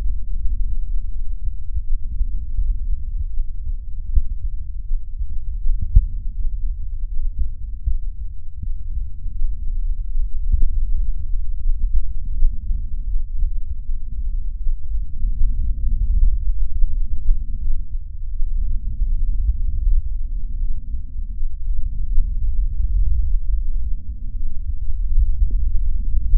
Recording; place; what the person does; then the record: lung sounds by stethoscope; right anterior apical chest; quiet breathing, then deep breathing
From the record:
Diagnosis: none (healthy); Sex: male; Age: 60 years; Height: 190 cm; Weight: 150 kg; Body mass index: 41.6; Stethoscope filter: bell mode